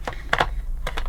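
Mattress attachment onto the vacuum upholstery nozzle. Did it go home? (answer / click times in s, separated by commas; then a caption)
yes / 0.3 s. A plastic mattress-cleaning attachment is pushed onto the upholstery tool of a Vorwerk VK200 vacuum cleaner and clicks into place with a sharp snap at 0.3 s. A second knock follows at 0.4 s, and two softer taps come at 0.9 s and 1.0 s over a low steady hum. The attachment is seated.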